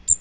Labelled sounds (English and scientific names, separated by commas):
Magnolia Warbler (Setophaga magnolia) flight call